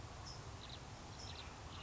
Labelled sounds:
California Towhee
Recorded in Sonoma County, California

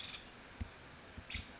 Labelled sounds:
Nuttall's Woodpecker
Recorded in Sonoma County, California

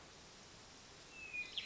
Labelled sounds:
Hermit Thrush
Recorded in Sonoma County, California

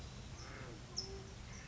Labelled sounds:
California Towhee
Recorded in Sonoma County, California

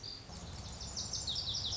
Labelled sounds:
Lazuli Bunting
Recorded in Sonoma County, California

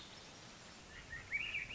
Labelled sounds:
Swainson's Thrush
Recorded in Sonoma County, California

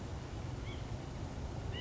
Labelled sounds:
California Quail
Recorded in Sonoma County, California

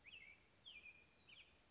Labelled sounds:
American Robin
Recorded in Sonoma County, California

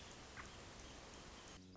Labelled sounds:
American Robin
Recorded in Sonoma County, California

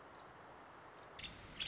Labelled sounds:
Nuttall's Woodpecker
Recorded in Sonoma County, California

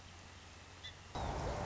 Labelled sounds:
Song Sparrow
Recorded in Sonoma County, California

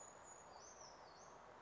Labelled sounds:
Brown Creeper
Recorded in Sonoma County, California

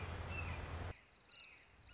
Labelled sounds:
Red-shouldered Hawk
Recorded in Sonoma County, California

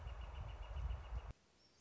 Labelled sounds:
Northern Flicker
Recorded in Sonoma County, California

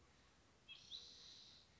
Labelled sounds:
Spotted Towhee
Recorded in Sonoma County, California

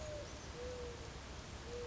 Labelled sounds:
Mourning Dove
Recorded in Sonoma County, California

